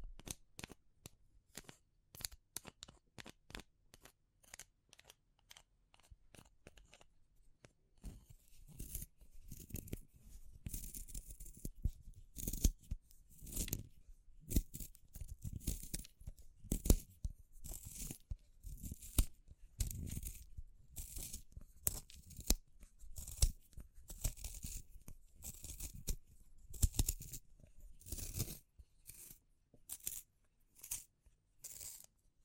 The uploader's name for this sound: Natural Triggers Wood, Bamboo and Straw